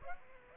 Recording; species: mosquito wingbeat signal from an infrared sensor; Aedes aegypti